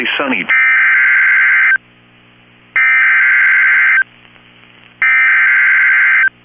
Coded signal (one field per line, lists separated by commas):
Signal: Emergency Alert System (SAME) tones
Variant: header bursts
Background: speech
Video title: EAS #1,886 Online NOAA Weather Radio Severe T’storm Warning 5/15/25